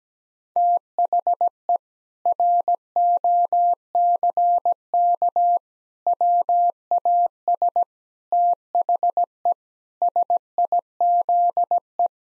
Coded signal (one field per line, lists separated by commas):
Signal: Morse code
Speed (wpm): 17 wpm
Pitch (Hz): 700 Hz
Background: none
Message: THE ROCK WAS THE SIZE